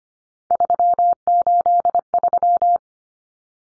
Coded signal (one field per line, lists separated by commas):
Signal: Morse code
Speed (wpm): 25 wpm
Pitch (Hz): 700 Hz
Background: none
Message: 383